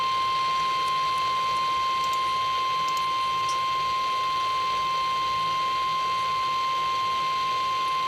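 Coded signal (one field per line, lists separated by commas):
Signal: Emergency Alert System (SAME) tones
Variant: 853 and 960 Hz attention tone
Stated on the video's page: Severe thunderstorm warning received on AM and FM radio.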